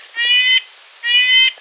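Red-breasted nuthatch calls: two nasal, tinny, horn-like notes, each about half a second long.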